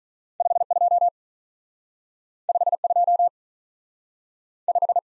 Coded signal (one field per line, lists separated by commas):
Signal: Morse code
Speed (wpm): 46 wpm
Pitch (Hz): 700 Hz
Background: none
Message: 5 2 5 2 5